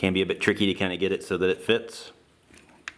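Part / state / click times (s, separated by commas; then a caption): robot figure hand tab into forearm slot / seated / 2.9 s. Someone talks while the second hand of a plastic transforming robot figure, folded into a fist, has its tab pushed into the slot on the forearm. After a faint tick near 2.6 s, a sharp click at 2.9 s marks the tab locking into place, where it holds.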